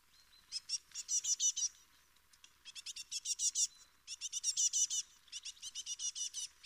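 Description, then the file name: Great tit giving rapid runs of high, scratchy notes in bursts of roughly a second, separated by brief pauses. "Parus major"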